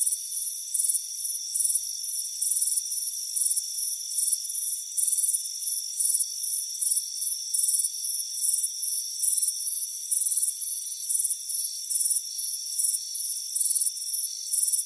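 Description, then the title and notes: Cricket chirps in repeated shrill bursts above steady high-pitched tones. Crickets chirping on a warm afternoon at a front porch. "Soothing Crickets Chirping Sound. It's a warm afternoon as you relax in a hammock on the front porch. Relax and fall asleep to the soothing sound of chirping crickets. Deep Sleep Sounds"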